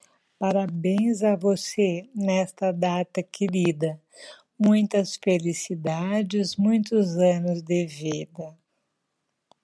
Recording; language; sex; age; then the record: short text; Brazilian Portuguese; female; 60 to 69 years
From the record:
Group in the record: control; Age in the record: 62 years